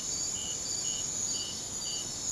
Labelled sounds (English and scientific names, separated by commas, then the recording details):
none
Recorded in secondary vegetation near Puerto Asís, Putumayo, Colombia, on 30 June 2025 at 03:00
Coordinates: 0.500, -76.326
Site GP08